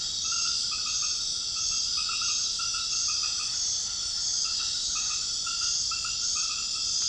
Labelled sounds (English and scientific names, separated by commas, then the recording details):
none
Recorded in dense forest near Puerto Asís, Putumayo, Colombia, on 18 February 2024 at 20:30
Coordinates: 0.502, -76.324
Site G6370